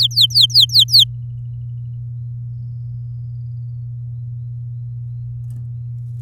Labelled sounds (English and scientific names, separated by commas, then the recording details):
Domestic Canary (Serinus canaria) song
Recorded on 10 May 2018 at 06:22
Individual llb16